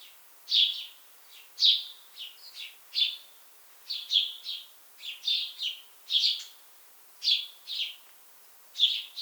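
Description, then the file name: House sparrow chirping in groups of two or three notes, fairly continuous, with faint hiss behind. "Passer domesticus"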